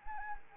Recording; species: mosquito wingbeat signal from an infrared sensor; Anopheles arabiensis